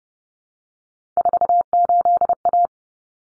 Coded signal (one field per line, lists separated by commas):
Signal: Morse code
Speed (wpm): 30 wpm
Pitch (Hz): 700 Hz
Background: none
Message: 48A